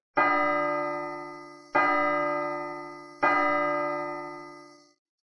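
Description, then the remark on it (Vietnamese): A bell tolls three times at an even, unhurried pace across a mountain range, each strike ringing out with a rich, bright tone that slowly fades before the next, the last dying away into silence. “Ba tiếng dội chuông vang lên, một hồi sóng chấn động kỳ dị lập tức truyền ra khắp bên trong sơn mạch.”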